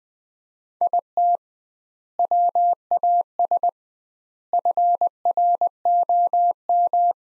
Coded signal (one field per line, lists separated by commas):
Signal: Morse code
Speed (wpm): 20 wpm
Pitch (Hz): 700 Hz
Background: none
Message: IT WAS FROM